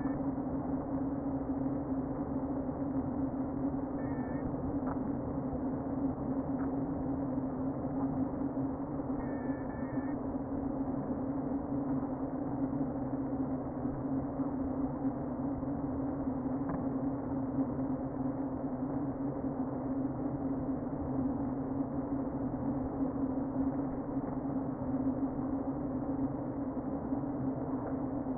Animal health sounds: honeybee colony, microphone inside the hive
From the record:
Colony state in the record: queen present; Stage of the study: before two queens were removed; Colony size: about 60,000 bees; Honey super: yes

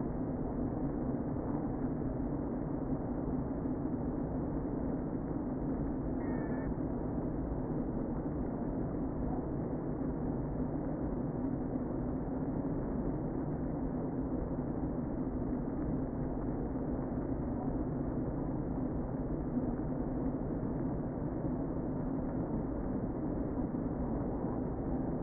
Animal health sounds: honeybee colony, microphone inside the hive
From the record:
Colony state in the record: queen present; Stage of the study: before two queens were removed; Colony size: about 60,000 bees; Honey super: yes

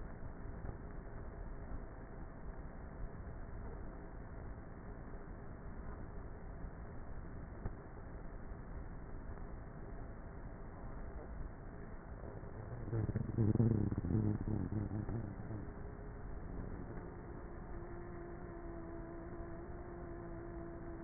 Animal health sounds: honeybee colony, microphone inside the hive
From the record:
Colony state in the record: queenless with a low population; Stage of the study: before two queens were removed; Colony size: about 30,000 bees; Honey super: no

